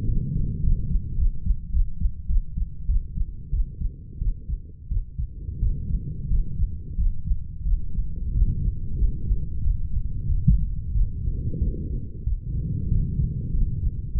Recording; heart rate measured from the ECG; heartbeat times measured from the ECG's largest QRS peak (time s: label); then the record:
heart sounds by stethoscope; 94 bpm
0.06 s: heartbeat
0.61 s: heartbeat
1.16 s: heartbeat
1.71 s: heartbeat
2.27 s: heartbeat
2.86 s: heartbeat
3.51 s: heartbeat
4.19 s: heartbeat
4.89 s: heartbeat
5.60 s: heartbeat
6.29 s: heartbeat
6.96 s: heartbeat
7.63 s: heartbeat
8.33 s: heartbeat
8.98 s: heartbeat
9.63 s: heartbeat
10.27 s: heartbeat
10.93 s: heartbeat
11.60 s: heartbeat
12.25 s: heartbeat
12.90 s: heartbeat
13.52 s: heartbeat
14.13 s: heartbeat
From the record:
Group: healthy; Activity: cold pressor test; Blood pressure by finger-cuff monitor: 102/33 mmHg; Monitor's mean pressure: 58 mmHg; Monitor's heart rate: 93 bpm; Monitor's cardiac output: 13.3 L/min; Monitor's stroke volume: 144 mL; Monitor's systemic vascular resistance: 320 dyn s/cm5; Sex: female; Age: 32 years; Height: 168 cm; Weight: 61.9 kg